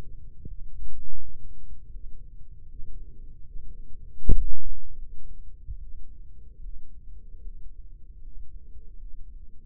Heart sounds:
heart sounds by microphone in the right ear; 78 bpm
0.43 s: heartbeat
1.16 s: heartbeat
1.87 s: heartbeat
2.66 s: heartbeat
3.40 s: heartbeat
4.17 s: heartbeat
4.95 s: heartbeat
5.76 s: heartbeat
6.57 s: heartbeat
7.38 s: heartbeat
8.19 s: heartbeat
8.94 s: heartbeat
From the record:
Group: healthy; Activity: rest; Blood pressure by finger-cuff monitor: 105/67 mmHg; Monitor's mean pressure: 77 mmHg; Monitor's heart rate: 79 bpm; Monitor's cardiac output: 5.4 L/min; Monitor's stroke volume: 70 mL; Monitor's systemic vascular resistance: 1000 dyn s/cm5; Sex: male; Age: 22 years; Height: 181 cm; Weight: 60 kg

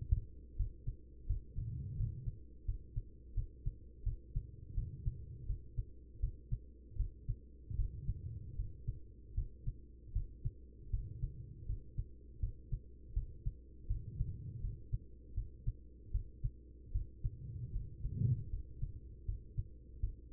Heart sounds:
heart sounds by stethoscope; 80 bpm
0.56 s: heartbeat
1.26 s: heartbeat
1.96 s: heartbeat
2.65 s: heartbeat
3.34 s: heartbeat
4.03 s: heartbeat
4.74 s: heartbeat
5.46 s: heartbeat
6.19 s: heartbeat
6.96 s: heartbeat
7.75 s: heartbeat
8.55 s: heartbeat
9.34 s: heartbeat
10.12 s: heartbeat
10.90 s: heartbeat
11.66 s: heartbeat
12.39 s: heartbeat
13.13 s: heartbeat
13.87 s: heartbeat
14.60 s: heartbeat
15.34 s: heartbeat
16.11 s: heartbeat
16.91 s: heartbeat
17.72 s: heartbeat
18.49 s: heartbeat
19.25 s: heartbeat
20.00 s: heartbeat
From the record:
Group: healthy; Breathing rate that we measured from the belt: 19 breaths a minute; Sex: female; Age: 43 years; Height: 160 cm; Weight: 90 kg

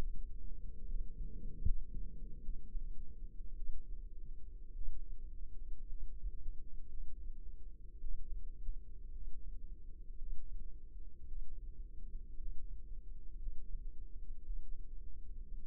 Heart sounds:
heart sounds by microphone in the left ear; 57 bpm
0.85 s: heartbeat
1.62 s: heartbeat
2.40 s: heartbeat
3.56 s: heartbeat
4.74 s: heartbeat
5.88 s: heartbeat
6.88 s: heartbeat
8.00 s: heartbeat
9.12 s: heartbeat
10.18 s: heartbeat
11.27 s: heartbeat
12.36 s: heartbeat
13.37 s: heartbeat
14.44 s: heartbeat
15.54 s: heartbeat
From the record:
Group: healthy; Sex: female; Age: 28 years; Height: 170 cm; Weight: 77 kg

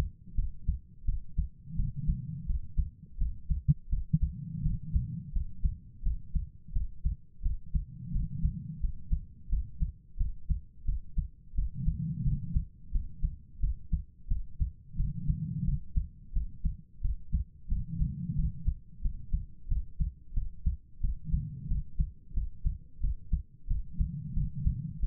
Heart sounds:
heart sounds by stethoscope; 88 bpm
0.34 s: heartbeat
1.04 s: heartbeat
1.75 s: heartbeat
2.45 s: heartbeat
3.17 s: heartbeat
3.88 s: heartbeat
4.61 s: heartbeat
5.31 s: heartbeat
6.02 s: heartbeat
6.71 s: heartbeat
7.41 s: heartbeat
8.11 s: heartbeat
8.79 s: heartbeat
9.48 s: heartbeat
10.16 s: heartbeat
10.84 s: heartbeat
11.54 s: heartbeat
12.22 s: heartbeat
12.90 s: heartbeat
13.59 s: heartbeat
14.27 s: heartbeat
14.95 s: heartbeat
15.63 s: heartbeat
16.32 s: heartbeat
17.00 s: heartbeat
17.67 s: heartbeat
18.34 s: heartbeat
19.01 s: heartbeat
19.67 s: heartbeat
20.33 s: heartbeat
21.00 s: heartbeat
21.67 s: heartbeat
22.33 s: heartbeat
22.99 s: heartbeat
23.66 s: heartbeat
24.33 s: heartbeat
24.98 s: heartbeat
From the record:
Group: healthy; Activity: cold pressor test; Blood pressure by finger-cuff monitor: 131/80 mmHg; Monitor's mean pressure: 97 mmHg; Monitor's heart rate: 88 bpm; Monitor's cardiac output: 7.3 L/min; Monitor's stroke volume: 83 mL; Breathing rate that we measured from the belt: 19 breaths a minute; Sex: female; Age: 32 years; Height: 172 cm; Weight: 71.7 kg

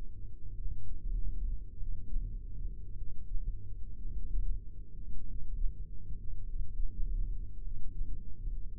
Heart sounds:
heart sounds by microphone in the right ear; 51 bpm
0.53 s: heartbeat
1.73 s: heartbeat
2.92 s: heartbeat
4.09 s: heartbeat
5.21 s: heartbeat
6.40 s: heartbeat
7.58 s: heartbeat
8.78 s: heartbeat
From the record:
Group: heart failure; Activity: rest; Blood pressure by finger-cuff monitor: 68/39 mmHg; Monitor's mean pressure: 50 mmHg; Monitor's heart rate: 50 bpm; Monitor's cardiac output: 3.6 L/min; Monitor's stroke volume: 80 mL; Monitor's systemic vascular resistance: 830 dyn s/cm5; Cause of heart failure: dilated cardiomyopathy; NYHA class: 3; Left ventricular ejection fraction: 27%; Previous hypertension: present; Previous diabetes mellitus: present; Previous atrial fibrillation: present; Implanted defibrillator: present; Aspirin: present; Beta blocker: bisoprolol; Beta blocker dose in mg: 1.25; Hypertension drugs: sacubitril-valsartan, spironolactone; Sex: female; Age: 39 years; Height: 170 cm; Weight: 64 kg

